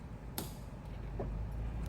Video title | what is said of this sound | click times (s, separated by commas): 6th Gen Ford Mustang Raxiom Side Marker Lamps Swap | and then you hear a snap | 0.4 s